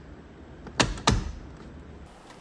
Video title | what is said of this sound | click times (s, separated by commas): How To: E90 E92 E82 STEERING WHEEL UPGRADE! AIRBAG REMOVAL, PADDLES, STEERING INSTALL! | it should just line up automatically you don't really need to do anything but just push and you'll hear audible click when it snaps into place | 0.8 s, 1.1 s